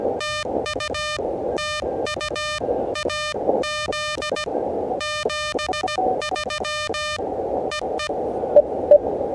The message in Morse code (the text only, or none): TU TU AZ 73 EE